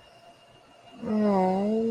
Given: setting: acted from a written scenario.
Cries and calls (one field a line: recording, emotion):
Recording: vocal sound without words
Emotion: disappointment